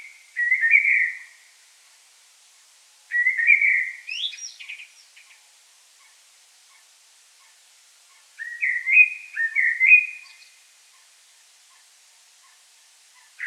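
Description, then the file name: Common blackbird whistling mellow fluty phrases, one containing a high thin squeal, then a pause and two more warbled bursts. "Turdus merula"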